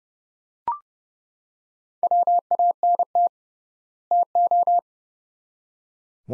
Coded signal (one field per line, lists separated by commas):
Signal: Morse code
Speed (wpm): 31 wpm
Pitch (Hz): 700 Hz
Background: none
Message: WANT TO